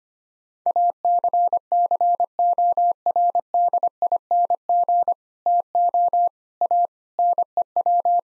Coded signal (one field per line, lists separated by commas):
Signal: Morse code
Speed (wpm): 25 wpm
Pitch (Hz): 700 Hz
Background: none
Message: ACCORDING TO A NEW